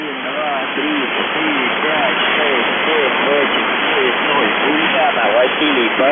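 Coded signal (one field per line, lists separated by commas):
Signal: numbers station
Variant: UVB-76 voice message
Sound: muffled male voice speaking through heavy, steady shortwave hiss, no buzzer heard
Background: radio static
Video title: Uvb 76/ The buzzer voice message January 6, 2022 11:46 UTC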